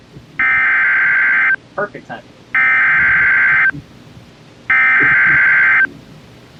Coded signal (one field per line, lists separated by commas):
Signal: Emergency Alert System (SAME) tones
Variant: header bursts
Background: speech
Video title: BACK INTO THE ACTION. (pause...) | EAS Alerts from July 10, 2020 (EAS #548-579)